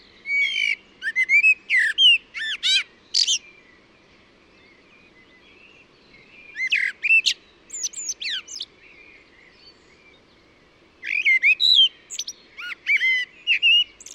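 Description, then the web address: Bird song in three lively bursts of rapid, varied whistled and chirping notes with steep up-and-down slides, each burst lasting a few seconds with short pauses between. "Deverinetal. Bird Only"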